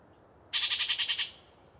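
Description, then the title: Yellow-breasted chat giving a fast, even series of about eight high rattling notes lasting under a second. Particularly chatty bird giving a long, sustained pre-dawn song from deciduous cover. "A Very Chatty Yellow-breasted Chat"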